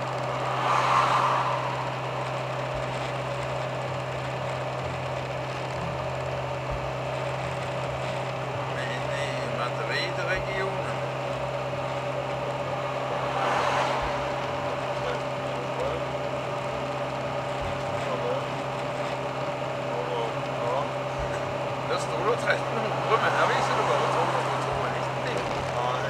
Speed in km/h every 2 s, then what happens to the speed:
65, 64, 64, 65, 66, 66, 66, 66, 66, 66, 66, 65, 64.
0-26 steady at about 66.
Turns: none.